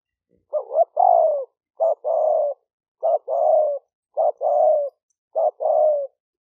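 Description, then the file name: Spotted dove cooing: a short note followed by a longer, mellow, slightly falling coo, the pair repeated five times; no other sounds. Vietnamese call style named '5 hậu'. "tieng-cu-gay-5-hau"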